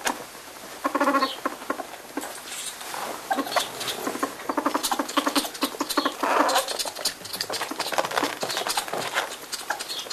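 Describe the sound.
European polecat chattering in quick pulsed bursts, some with clear tonal clucks, alongside steady scuffling and rustling noise.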